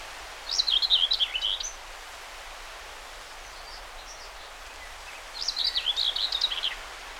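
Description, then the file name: Common whitethroat song: two scratchy, chattering warble phrases, each just over a second long, separated by a few seconds of quiet hiss with faint notes. Recorded 20 May 2009. "20090520 whitethroat"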